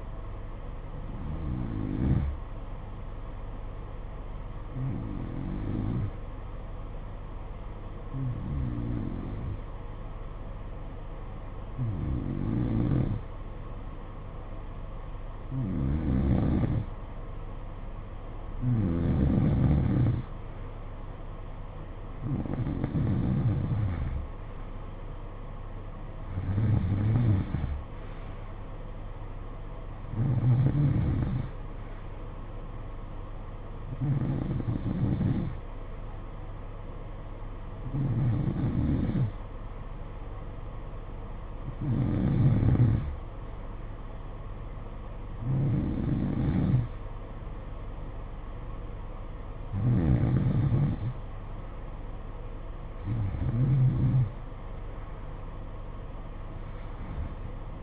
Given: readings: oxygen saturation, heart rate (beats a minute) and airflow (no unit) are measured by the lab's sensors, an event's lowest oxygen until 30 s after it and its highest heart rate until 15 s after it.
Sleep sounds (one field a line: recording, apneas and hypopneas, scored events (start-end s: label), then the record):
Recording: breathing in sleep by a smartphone at the bedside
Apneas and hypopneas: 1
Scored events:
3.00-18.60 s: hypopnea (N1, oxygen 93% highest, then 89% lowest, heart rate 55 at the start, 61 highest)
13.00-57.83 s: new sleep stage, N2 (light sleep)
From the record:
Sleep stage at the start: N1 (lightest sleep)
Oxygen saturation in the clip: 89 to 93%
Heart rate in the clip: 54 to 61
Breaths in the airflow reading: 16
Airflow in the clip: -12.2 to 7.3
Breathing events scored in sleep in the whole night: 476 in 9.7 hours asleep